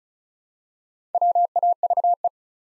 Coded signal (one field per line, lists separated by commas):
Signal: Morse code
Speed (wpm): 36 wpm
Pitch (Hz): 700 Hz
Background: none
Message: WAVE